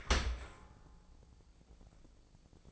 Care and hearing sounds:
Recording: daily activity, microphone in the room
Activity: open dishwasher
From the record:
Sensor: 5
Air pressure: 1012.4 hPa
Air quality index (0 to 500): 159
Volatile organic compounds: 2 ppm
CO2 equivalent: 1083 ppm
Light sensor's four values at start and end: 115/275/117/132 and 114/275/117/132

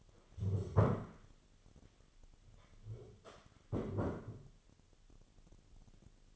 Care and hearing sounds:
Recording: daily activity, microphone in the room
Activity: stand up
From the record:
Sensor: 4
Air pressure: 1016.2 hPa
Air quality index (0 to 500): 164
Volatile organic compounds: 6 ppm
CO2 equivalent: 1874 ppm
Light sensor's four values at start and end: 9/20/8/7 and 9/20/8/7

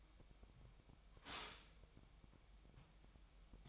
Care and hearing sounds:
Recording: daily activity, microphone in the room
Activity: stop toaster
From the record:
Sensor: 1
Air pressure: 1001.9 hPa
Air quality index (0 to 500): 238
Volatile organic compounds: 43 ppm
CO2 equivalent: 3195 ppm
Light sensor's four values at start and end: 10/36/13/15 and 10/36/13/15

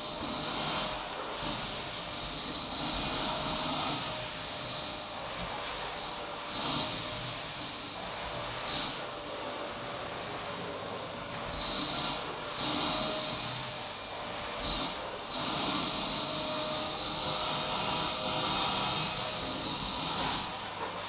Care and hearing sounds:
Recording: daily activity, microphone in the room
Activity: vacuum cleaning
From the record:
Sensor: 1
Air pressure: 991.8 hPa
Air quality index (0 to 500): 184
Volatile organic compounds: 1000 ppm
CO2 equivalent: 7039 ppm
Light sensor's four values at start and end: 27/94/36/36 and 27/94/36/36

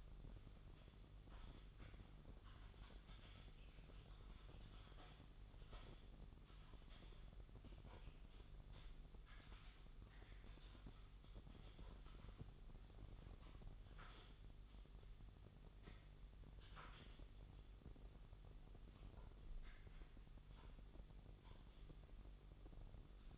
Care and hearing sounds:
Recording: daily activity, microphone in the room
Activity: typing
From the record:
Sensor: 4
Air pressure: 989.6 hPa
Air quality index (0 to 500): 226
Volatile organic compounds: 87 ppm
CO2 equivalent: 3660 ppm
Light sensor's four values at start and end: 26/91/33/35 and 26/91/33/35

